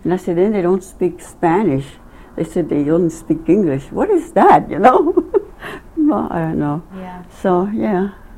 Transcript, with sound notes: And I said, there they don't speak Spanish. They said they only speak English. What is that? You know? (laughing) I don't know. So, yeah.